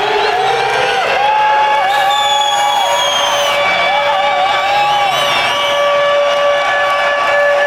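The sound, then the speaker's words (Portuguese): A loud, steady air-raid style siren drones with a slowly wavering pitch while a concert crowd roars, cheers and whoops underneath throughout, at a 2010 show in São Paulo. “Tá ali na pista e fala assim, agora eu vou morrer e eu vou morrer feliz com essa sirene tocando.”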